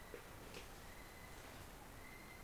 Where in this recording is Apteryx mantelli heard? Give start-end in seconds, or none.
0.00-2.44